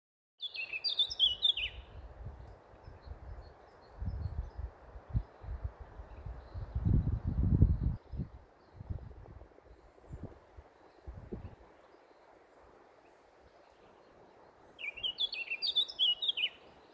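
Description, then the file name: Eurasian blackcap giving two short bursts of quick, varied warbling notes, one at the start and one near the end, with low rumbling noise in between. "Sylvia atricapilla"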